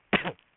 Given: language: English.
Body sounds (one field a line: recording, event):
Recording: throat vibration sensor signal played as sound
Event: cough